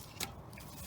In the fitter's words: which snaps into place